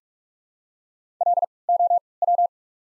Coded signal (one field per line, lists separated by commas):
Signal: Morse code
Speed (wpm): 44 wpm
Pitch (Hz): 700 Hz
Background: none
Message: L O W